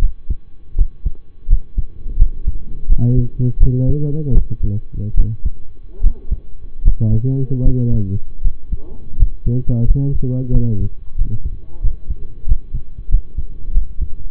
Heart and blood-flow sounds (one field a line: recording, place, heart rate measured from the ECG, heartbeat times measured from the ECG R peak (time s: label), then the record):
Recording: heart sounds by stethoscope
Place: between the tricuspid and mitral areas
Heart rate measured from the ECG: 83 bpm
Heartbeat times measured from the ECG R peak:
0.75 s: heartbeat
1.47 s: heartbeat
2.16 s: heartbeat
2.86 s: heartbeat
3.58 s: heartbeat
4.32 s: heartbeat
5.15 s: heartbeat
6.01 s: heartbeat
6.82 s: heartbeat
7.62 s: heartbeat
8.42 s: heartbeat
9.16 s: heartbeat
9.85 s: heartbeat
10.51 s: heartbeat
11.16 s: heartbeat
11.81 s: heartbeat
12.45 s: heartbeat
13.09 s: heartbeat
13.72 s: heartbeat
From the record:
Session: rest, lying down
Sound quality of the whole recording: partially saturated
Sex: male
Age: 25 years